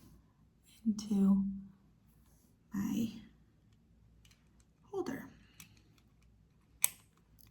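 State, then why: Seated. A lancet needle is pushed into the holder of a plastic lancing pen while someone talks. A sharp little click at 6.8 seconds marks the lancet seating in the holder.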